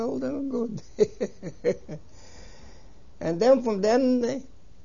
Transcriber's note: he laughs